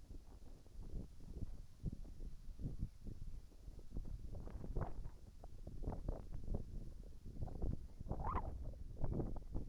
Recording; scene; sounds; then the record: everyday scene through a hearing-aid microphone; wind on the microphone; wind, whistling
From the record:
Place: in front of a rural house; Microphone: behind the ear, right, rear